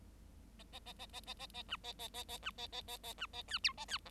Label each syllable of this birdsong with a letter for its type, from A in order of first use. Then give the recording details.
A A A A A A A A B A A A A B A A A A B A C D A C E. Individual Bird7